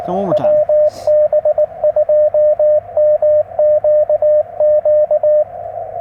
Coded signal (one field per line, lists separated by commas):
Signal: Morse code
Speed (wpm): 22 wpm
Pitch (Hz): 600 Hz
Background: speech, radio noise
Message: WB2MQQ